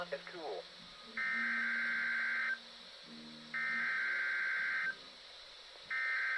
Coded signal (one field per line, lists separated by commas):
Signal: Emergency Alert System (SAME) tones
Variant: header bursts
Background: speech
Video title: EAS #1136-#1137 WWG53 and WXM33 RWT